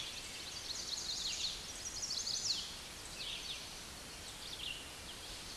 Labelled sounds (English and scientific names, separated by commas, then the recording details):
Red-eyed Vireo (Vireo olivaceus) song
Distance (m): 45 m
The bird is about 10 m above the microphone
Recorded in a Pennsylvania forest on 16 May 2024 at 09:37
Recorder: AudioMoth, point MSD-2181
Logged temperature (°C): 12.8 °C
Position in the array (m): 181 m, 75 m